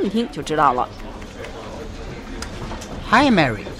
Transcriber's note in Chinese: Office ambience